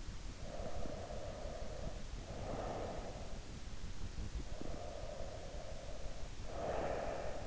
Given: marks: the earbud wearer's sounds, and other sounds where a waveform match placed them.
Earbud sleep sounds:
sounds in sleep by an in-ear microphone; breath
0.39-3.33 s: breath
4.39-7.47 s: breath

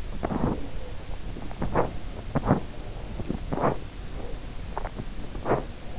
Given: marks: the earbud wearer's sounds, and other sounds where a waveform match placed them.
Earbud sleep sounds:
sounds in sleep by an in-ear microphone; teeth grinding
0.00-0.77 s: teeth grinding
1.51-5.96 s: teeth grinding

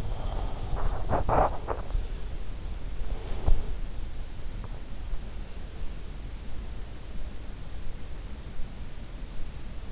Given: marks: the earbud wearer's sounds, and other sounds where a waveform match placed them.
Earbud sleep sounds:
sounds in sleep by an in-ear microphone; breath, body movement
0.00-0.74 s: breath
0.48-2.00 s: body movement

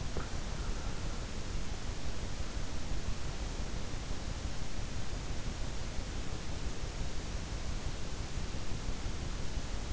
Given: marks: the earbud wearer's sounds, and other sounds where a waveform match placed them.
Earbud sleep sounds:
sounds in sleep by an in-ear microphone; teeth grinding
0.00-0.35 s: teeth grinding

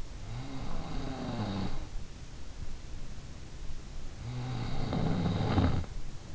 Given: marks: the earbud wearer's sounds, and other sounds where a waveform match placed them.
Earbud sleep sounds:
sounds in sleep by an in-ear microphone; snoring breath
0.01-2.46 s: snoring breath
3.49-6.35 s: snoring breath

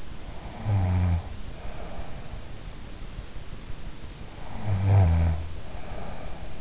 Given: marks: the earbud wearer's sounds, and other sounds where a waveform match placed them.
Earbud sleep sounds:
sounds in sleep by an in-ear microphone; snoring breath
0.36-2.40 s: snoring breath
4.64-6.58 s: snoring breath

